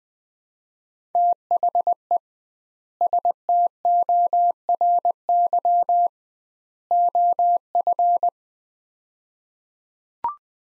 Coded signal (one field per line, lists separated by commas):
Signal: Morse code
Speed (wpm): 20 wpm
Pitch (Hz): 700 Hz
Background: none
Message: THE STORY OF